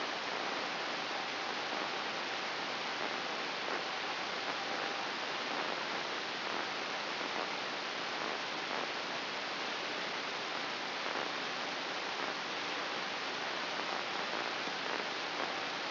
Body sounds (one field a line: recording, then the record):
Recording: brain microelectrode recording played as sound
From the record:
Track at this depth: inside the subthalamic nucleus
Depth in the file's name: 5.934 mm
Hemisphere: right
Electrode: 2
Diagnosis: Parkinson's disease